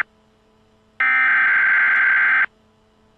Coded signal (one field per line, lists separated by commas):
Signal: Emergency Alert System (SAME) tones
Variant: header bursts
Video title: EAS local area emergency